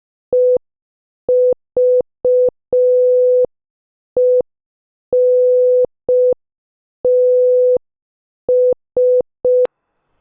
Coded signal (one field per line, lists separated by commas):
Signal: Morse code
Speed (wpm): 5 wpm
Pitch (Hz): 500 Hz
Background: none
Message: EVENTS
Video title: 13. GUESS THE MOVIE | Morse Code Challenge | Sentence Practice | 5 WPM